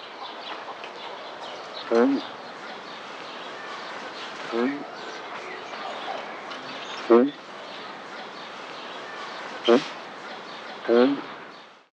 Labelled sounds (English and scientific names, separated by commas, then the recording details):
Australian Brushturkey (Alectura lathami)
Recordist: Tembrock, Günter
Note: Männchen: dunkle Laute